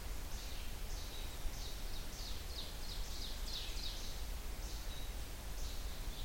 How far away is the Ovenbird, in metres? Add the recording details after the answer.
about 70 m. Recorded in boreal forest in Alberta, Canada, on 30 June 2016 at 08:27. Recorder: SongMeter 3, array SBT-6-79. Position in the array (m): 185 m, 31 m. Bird 39